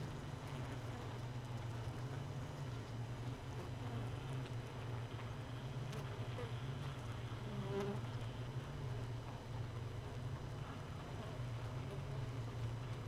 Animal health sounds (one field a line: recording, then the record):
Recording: honeybee colony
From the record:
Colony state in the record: missing queen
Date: 31 May 2018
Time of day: 4:43